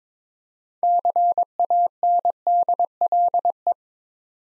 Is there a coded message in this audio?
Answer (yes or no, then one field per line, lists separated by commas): yes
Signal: Morse code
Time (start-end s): 0.8-3.7 s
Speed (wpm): 21 wpm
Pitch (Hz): 700 Hz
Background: none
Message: CANDLE